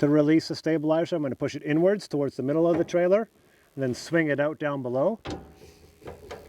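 Someone talks while a stabilizer arm on a seed cleaner trailer is pushed inward toward the middle of the trailer, then swung out and down toward its locking bracket above a piece of wood set as a platform for the stabilizers. After the talking, mechanical handling noises follow, with a brief sharp knock near 6.3 s. The arm has not locked into place yet; nothing has seated.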